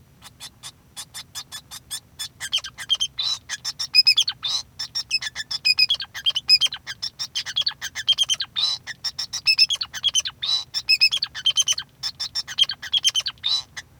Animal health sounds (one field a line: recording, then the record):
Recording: song of a male Bengalese finch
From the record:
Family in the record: son of father 2